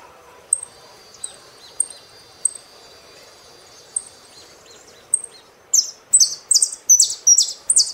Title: Jilguero Argentino